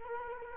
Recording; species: mosquito wingbeat signal from an infrared sensor; Culex quinquefasciatus